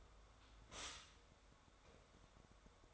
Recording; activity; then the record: daily activity, microphone in the room; stop toaster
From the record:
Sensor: 3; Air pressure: 1014.7 hPa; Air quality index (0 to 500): 196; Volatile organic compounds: 24 ppm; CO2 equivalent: 2808 ppm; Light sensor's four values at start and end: 4/11/4/4 and 4/11/4/4